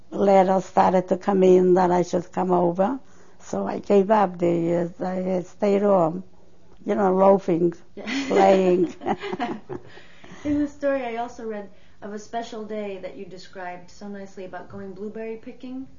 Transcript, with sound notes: Letters started to come in that I should come over. So I gave up the, uh, I stayed on, you know, loafing. (She laughs.)
In the story I also read of a special day that you described so nicely about going blueberry picking.